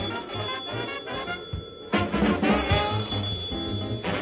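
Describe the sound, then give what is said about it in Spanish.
A telephone rings with steady, high electronic tones that sustain throughout, over a low rumbling background, with a brief louder burst of noise about halfway through. “Cuando llamé por teléfono al día siguiente, comprendí que para ella yo nunca había sido más que un garabato.”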